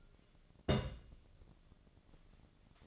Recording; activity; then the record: daily activity, microphone in the room; place on stove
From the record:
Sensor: 4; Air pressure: 1000.8 hPa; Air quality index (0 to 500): 125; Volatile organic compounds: 1 ppm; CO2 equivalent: 944 ppm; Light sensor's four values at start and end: 43/104/44/49 and 43/105/44/49